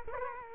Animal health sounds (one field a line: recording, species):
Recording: mosquito wingbeat signal from an infrared sensor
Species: Culex quinquefasciatus